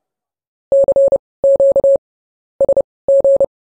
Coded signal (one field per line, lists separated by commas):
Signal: Morse code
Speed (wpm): 30 wpm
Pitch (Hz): 550 Hz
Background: none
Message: CQ SG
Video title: HAM RADIO 2024: Jugend forscht-Gewinner Aurelio DN9AD